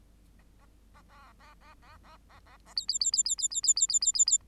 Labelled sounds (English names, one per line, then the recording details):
Bengalese Finch song
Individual Bird8